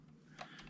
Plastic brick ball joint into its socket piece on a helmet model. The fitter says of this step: these little ball and socket joints right here snap into place to form that look of the Stormtrooper